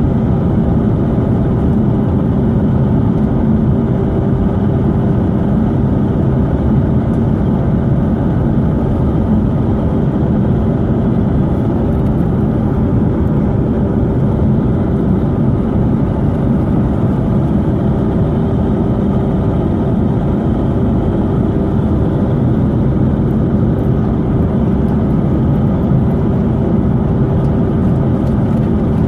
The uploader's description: a Plane flying with a storm